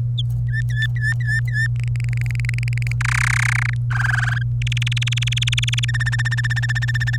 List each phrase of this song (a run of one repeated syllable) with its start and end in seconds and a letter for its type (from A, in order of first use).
0.48-1.67 A, 1.76-2.92 B, 3.01-3.74 C, 3.91-4.43 D, 4.62-5.85 E, 5.88-7.17 F